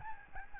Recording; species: mosquito wingbeat signal from an infrared sensor; Aedes albopictus